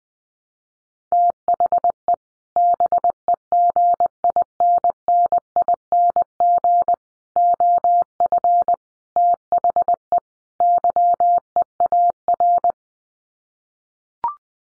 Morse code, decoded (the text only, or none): THE BEGINNING OF THE YEAR